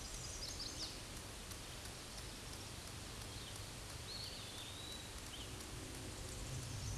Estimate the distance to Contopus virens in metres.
about 35 m